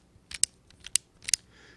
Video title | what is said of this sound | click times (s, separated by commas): Channel Lock Rapid Fire Screwdriver The Gadget Professor #209 | you can hear the snap and you | 0.4 s, 1.0 s, 1.3 s